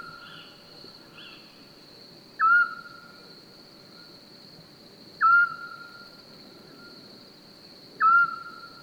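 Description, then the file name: Eurasian scops owl giving a short whistled note, repeated about every three seconds, over a steady high hum and low background noise. Recorded on 27 May 2021 at 22:45 in Francheville. "Hibou-petit-duc 2245 Francheville"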